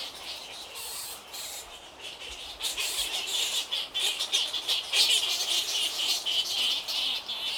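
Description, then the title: Crowded bat chatter, high squeaks pulsing rapidly and growing louder and denser through the second half. Many bats, Île Napoléon, Lake Kivu, Rwanda. "Ile Napoléon, lac Kivu, Rwanda - bats bats bats"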